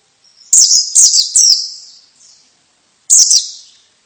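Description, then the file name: White-eye calls: a burst of three high, sharp descending chirps, a soft trailing note, then two more chirps after a short pause. Female bird. "suara pleci betina"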